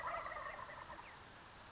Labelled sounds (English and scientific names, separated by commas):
Wild Turkey (Meleagris gallopavo)